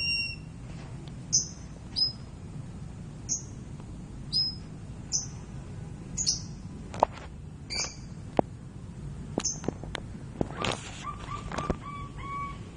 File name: meniinting besar